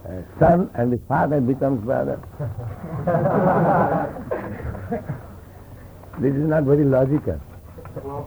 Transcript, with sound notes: son and the father becomes brother? [audience laughter] This is not very logical.
Jesus,